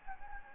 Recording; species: mosquito wingbeat signal from an infrared sensor; Anopheles gambiae